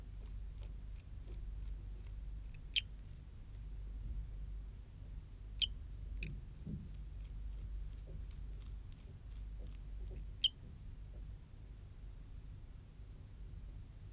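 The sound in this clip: Eugrylloides pipiens cricket giving a few brief, sharp, high chirps at irregular intervals over a steady low rumble with faint scattered clicks.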